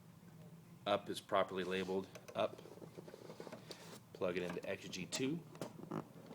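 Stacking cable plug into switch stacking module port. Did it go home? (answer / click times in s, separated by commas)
yes / 6.0 s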